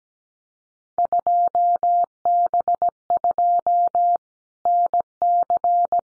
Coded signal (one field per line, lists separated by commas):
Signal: Morse code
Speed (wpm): 17 wpm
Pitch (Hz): 700 Hz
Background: none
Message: 2B2 NC